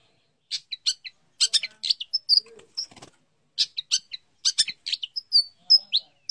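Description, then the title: Long-tailed shrike song in broken bursts of harsh chirps and thin whistles, with short silences between phrases. Champion bird. "Kicau Burung Cendet Juara"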